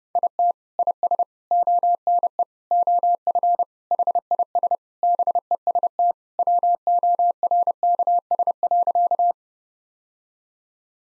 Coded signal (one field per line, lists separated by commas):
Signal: Morse code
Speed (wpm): 32 wpm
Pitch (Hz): 700 Hz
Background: none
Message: IT IS ONE OF HIS BEST WORKS.